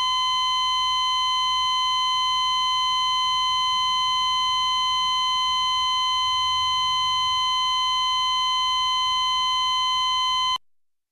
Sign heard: Electrocardiogram flatline.